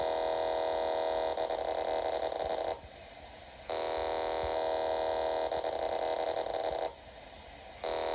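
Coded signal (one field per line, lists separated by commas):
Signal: unidentified radio signal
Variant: amplitude shift keying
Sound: harsh buzzing data bursts, about 3 seconds each, with short quiet gaps between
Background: radio static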